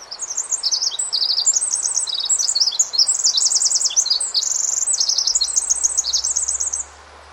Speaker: So I'll go ahead and play the Pacific Wren song once more.